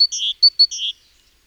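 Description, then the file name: Great tit giving a brief call of two rasping churrs separated by two thin high notes, then quiet. "Parus major"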